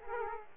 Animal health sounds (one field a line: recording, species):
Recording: mosquito wingbeat signal from an infrared sensor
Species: Aedes aegypti